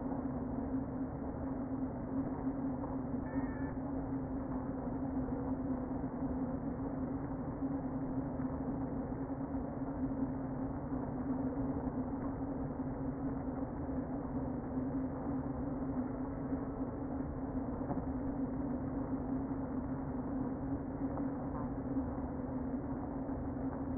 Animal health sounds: honeybee colony, microphone inside the hive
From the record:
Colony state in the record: queen present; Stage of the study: before two queens were removed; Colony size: about 60,000 bees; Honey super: yes

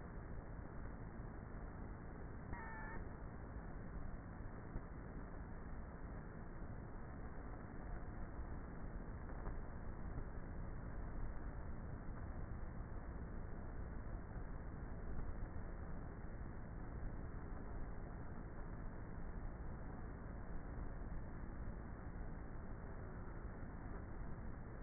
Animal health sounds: honeybee colony, microphone inside the hive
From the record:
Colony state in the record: queenless with a low population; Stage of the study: before two queens were removed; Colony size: about 30,000 bees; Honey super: no

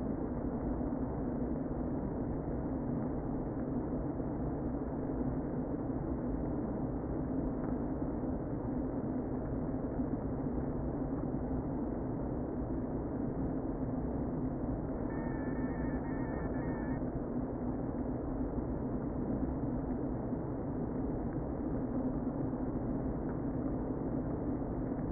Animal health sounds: honeybee colony, microphone inside the hive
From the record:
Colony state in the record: queen present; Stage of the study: before two queens were removed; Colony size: about 60,000 bees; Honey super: yes

